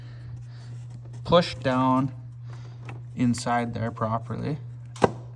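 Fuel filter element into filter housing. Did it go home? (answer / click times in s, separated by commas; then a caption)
yes / 5.0 s. A fuel filter element is pushed down into its housing on a 5th Gen Cummins engine while someone talks. A sharp click at 5.0 s marks the element locking into place, fully seated.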